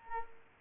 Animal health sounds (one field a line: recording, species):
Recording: mosquito wingbeat signal from an infrared sensor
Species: Aedes albopictus